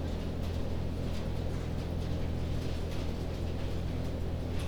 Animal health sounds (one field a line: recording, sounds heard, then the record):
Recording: poultry house recording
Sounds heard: no chicken sound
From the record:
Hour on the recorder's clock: 22